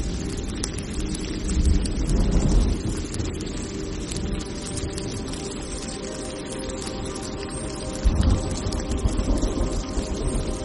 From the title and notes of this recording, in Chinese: 助眠雷雨声 树叶上的小雨。